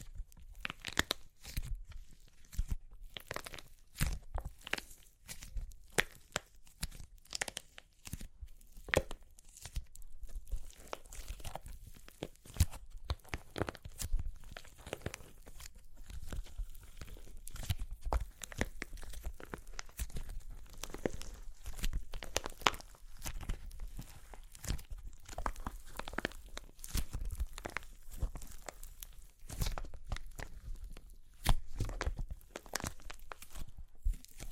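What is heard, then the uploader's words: Crunchy clay cracks and crumbles in a dense, irregular stream of sharp snaps running the full 35 seconds. The crackles come in quick clusters with brief gaps, bright and crisp with some low thuds underneath, and the loudness stays fairly even throughout. Super Crunchy Clay Cracking (No Talking).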